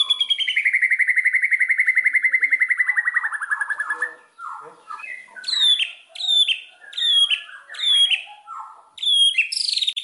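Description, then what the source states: White-rumped shama song: a long rapid trill sliding down, then several loud repeated phrases of sharp high notes and whistles. Song used as a lure (pancingan) to make other shamas respond; said to work on first hearing with an immediate response; bird described as singing constantly (gacor).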